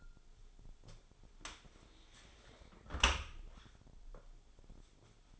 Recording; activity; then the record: daily activity, microphone in the room; close dishwasher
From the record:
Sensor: 5